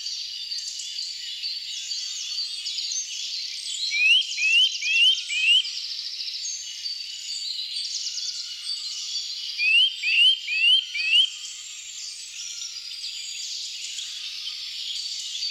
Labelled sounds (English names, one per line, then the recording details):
Eurasian Nuthatch song
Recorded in the wild
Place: Waltershofen / Freiburg im Breisgau, Baden-Württemberg, DE
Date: 2009-04-10
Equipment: MiniDisc Sharp MT 20 H
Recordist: Schwarz, Dieter
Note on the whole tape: Song